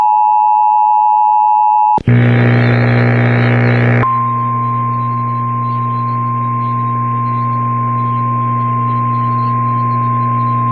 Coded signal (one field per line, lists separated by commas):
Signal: Emergency Alert System (SAME) tones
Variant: 853 and 960 Hz attention tone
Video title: Flash Flood Warning on KQWB-AM (EAS #1046)